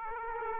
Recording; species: mosquito wingbeat signal from an infrared sensor; Aedes aegypti